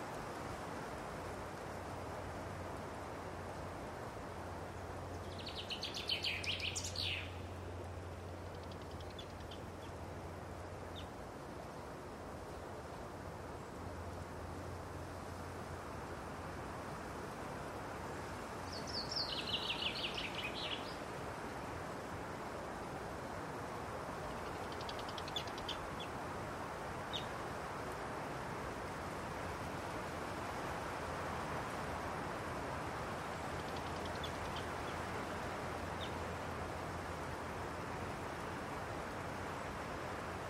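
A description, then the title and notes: Wind blows steadily through a spring day, a constant low rushing roar that barely changes. Short bright bird calls break through around 6 and 19 seconds, with fainter chirps near 25 seconds. A low hum comes and goes underneath. Windy Spring Day. By request we have created another soundscape set in the forest, but this time with the wind as a focus.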